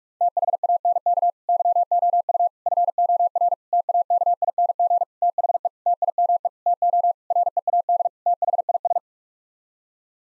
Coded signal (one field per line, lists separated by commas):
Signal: Morse code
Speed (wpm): 46 wpm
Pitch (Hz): 700 Hz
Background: none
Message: THANK YOU FOR TAKING THE TIME TO READ THIS